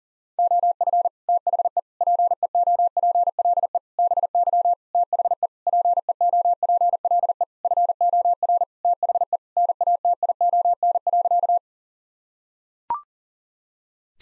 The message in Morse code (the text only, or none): OF THE PEOPLE BY THE PEOPLE FOR THE NATION.